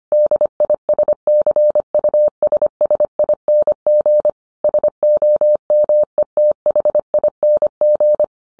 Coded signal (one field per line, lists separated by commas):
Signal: Morse code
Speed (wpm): 25 wpm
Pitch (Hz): 600 Hz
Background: none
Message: DISCUSSING SOMETHING